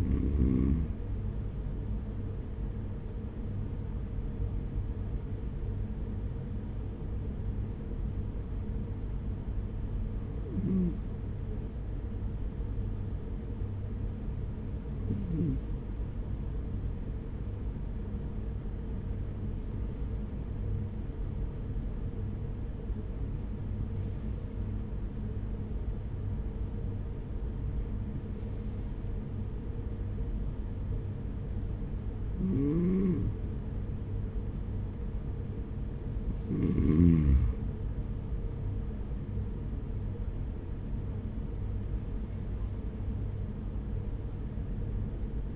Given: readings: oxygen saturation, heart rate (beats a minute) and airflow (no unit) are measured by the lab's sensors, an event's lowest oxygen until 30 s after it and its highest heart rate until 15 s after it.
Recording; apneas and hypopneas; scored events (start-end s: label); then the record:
breathing in sleep by a smartphone at the bedside; 1
6.00-35.20 s: hypopnea (N1, oxygen 95% highest, then 92% lowest, heart rate 45 at the start, 47 highest)
7.00-45.56 s: new sleep stage, N2 (light sleep)
From the record:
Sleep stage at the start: N1 (lightest sleep); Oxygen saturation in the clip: 92 to 95%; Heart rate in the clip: 45 to 47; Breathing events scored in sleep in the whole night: 210 in 6.9 hours asleep